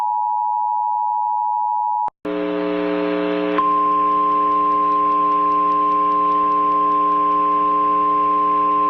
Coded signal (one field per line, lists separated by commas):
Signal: Emergency Alert System (SAME) tones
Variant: 853 and 960 Hz attention tone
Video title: Dubuque, Iowa, USA EAS alarm | Made by me! ( ^ω^ )